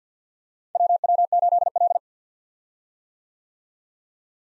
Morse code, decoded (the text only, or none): WW8L